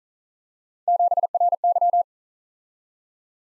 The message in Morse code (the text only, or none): 7RY